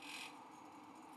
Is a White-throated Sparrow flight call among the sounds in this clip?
no